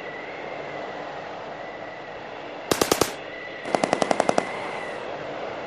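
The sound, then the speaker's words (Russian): Two short bursts of automatic gunfire in a snowstorm, a quick cluster of about four sharp cracks, then a longer rattle of roughly seven, standing out over a steady low rumbling noise with no voices. “Глухой треск автоматной очереди, срезавший Майкла на полпути к укрытию, потонул в очередном снежном вихре.”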